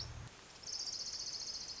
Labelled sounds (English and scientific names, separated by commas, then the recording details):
Orange-crowned Warbler (Leiothlypis celata)
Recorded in Sonoma County, California